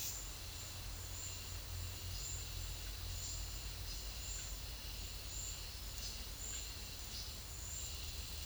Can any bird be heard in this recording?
no